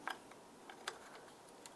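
The electrical connector of the mass airflow sensor on a 2010-2013 Ford Transit Connect, which has a red locking tab, is handled before being pushed onto the sensor. A few faint, short ticks and taps sound at about 0.1, 0.3, 0.7, 0.9 and 1.7 seconds over a quiet background. The connector has not seated or clicked in yet.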